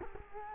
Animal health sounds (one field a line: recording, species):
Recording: mosquito wingbeat signal from an infrared sensor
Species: Culex quinquefasciatus